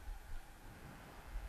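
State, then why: Not seated. A circulator pump impeller is lined up with the keyway and set in place on the motor/bearing shaft while a Bell & Gossett Series 60 bearing assembly is being replaced; it has not yet been forced down. Only a steady broadband hiss with low rumble is heard, with no hits. Nothing has seated or clicked yet.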